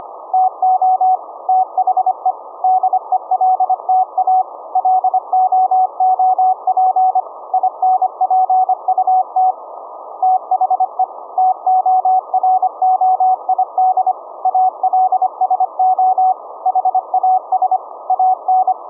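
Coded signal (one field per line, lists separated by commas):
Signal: Morse code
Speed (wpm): 25 wpm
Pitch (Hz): 750 Hz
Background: none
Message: TO THE DELTA LOOP INPUT THE TOROID ALSO HAS AN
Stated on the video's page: 1-watt QRP VLF CW at 17.650 kHz, sent from a Raspberry Pi USB sound card into a 21-foot delta loop, received via ferrite-core Tesla coil and SDR.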